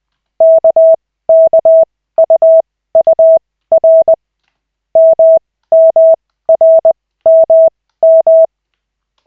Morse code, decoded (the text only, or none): KKUUR MMRMM